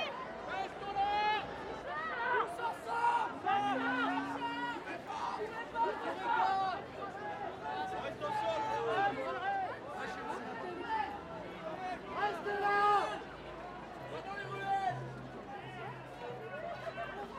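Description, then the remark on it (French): A dense crowd of overlapping voices talks and calls out at a street protest where police aim flashball launchers at the crowd, a steady, loud babble with occasional raised shouts rising above it throughout. “Une scène improbable là, parce qu'il y a les flics qui ont des flashballs qui visent la foule, et en fait entre la foule et les flics il y a des pompiers qui passent.”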